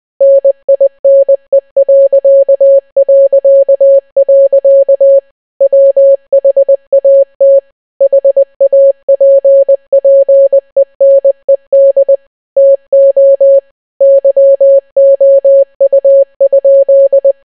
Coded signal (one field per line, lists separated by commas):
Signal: Morse code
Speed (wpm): 20 wpm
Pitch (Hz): 550 Hz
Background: none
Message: NINE... WHAT HAPPENED TO YOU?